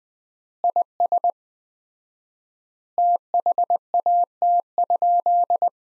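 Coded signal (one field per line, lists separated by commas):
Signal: Morse code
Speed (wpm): 20 wpm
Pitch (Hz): 700 Hz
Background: none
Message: IS THAT?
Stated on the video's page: Morse practice at 20 wpm: sentences from the top 100 words, sent with 4x standard word spacing, a word-level analogue of Farnsworth spacing.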